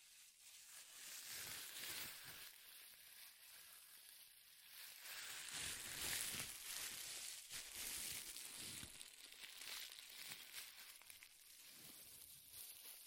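Dense, forceful crinkling runs without a break for the whole stretch, bright and hissy with crisp crackles packed tightly together. The intensity swells and eases unevenly, peaking around six and eight seconds, with occasional deeper thumps underneath.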